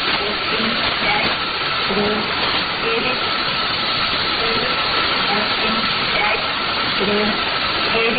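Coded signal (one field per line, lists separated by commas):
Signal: numbers station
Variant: S06s Russian Lady, Russian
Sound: faint female voice reading short evenly spaced words under loud hiss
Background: radio static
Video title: 07 02 2018 S06s Russian Lady numbers station in Russian to Eu 0840 on 11830 unknown tx site in CUSB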